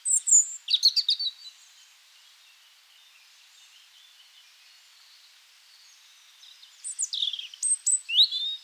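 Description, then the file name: European robin song: a high, thin warbling phrase of sweet notes and trills at the start, a long pause, then another varied, tinkling phrase near the end. "Erithacus rubecula"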